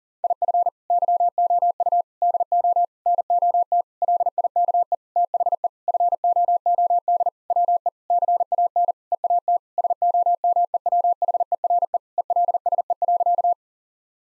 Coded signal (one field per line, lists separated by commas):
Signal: Morse code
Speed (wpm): 40 wpm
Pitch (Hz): 700 Hz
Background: none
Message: IF YOU DO NOT LIKE THE FOOD WE CAN EAT SOMEWHERE ELSE.